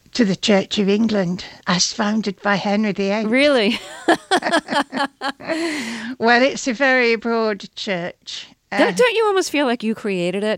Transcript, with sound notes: To the Church of England, as founded by Henry VIII.
Really?
(LAUGHTER) Well, it's a very broad church.
Don't you almost feel like you created it?